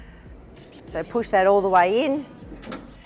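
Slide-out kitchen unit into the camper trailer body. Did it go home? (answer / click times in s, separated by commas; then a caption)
yes / 2.7 s. A slide-out kitchen unit on a camper trailer is pushed all the way into its housing in the trailer body while someone talks. A single short knock at 2.7 s marks the slide lock catching, and the kitchen is locked in place.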